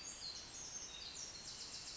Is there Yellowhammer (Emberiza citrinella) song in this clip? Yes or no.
no